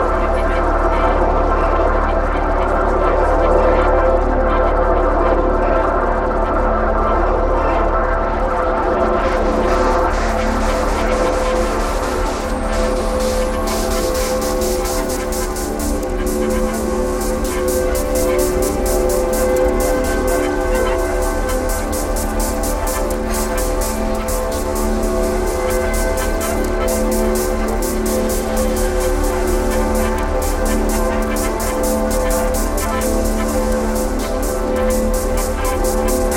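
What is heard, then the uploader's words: Underground ventilation beneath Times Square drones steadily, with a deep low rumble and several sustained humming tones layered above it. From about ten seconds on, a fast, dense ticking rattle joins in and continues to the end, while the overall loudness stays even throughout. Times Square Drone. Sound source: NYC Times Square underground ventilation.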